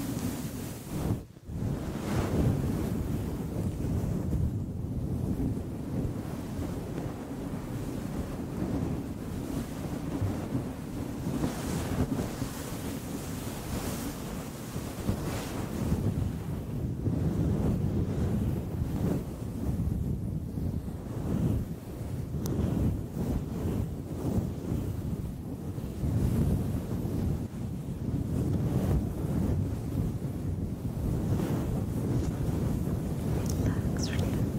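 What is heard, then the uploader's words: Gentle scratching and swirling on a microphone makes a steady, dense, low rushing rub with frequent soft scrapes, briefly dropping out near the start. ASMR Gentle Mic Scratching and Swirling for a DEEP SLEEP.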